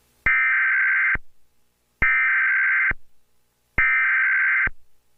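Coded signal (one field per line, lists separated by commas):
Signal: Emergency Alert System (SAME) tones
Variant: header bursts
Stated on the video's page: Fictional EAS scenario demo for a flash flood, not a real alert.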